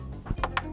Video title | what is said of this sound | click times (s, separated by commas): ThinkCentre M83 / M93p Small Form Factor Desktop - System Fan Replacement | and press down until it locks | 0.4 s, 0.6 s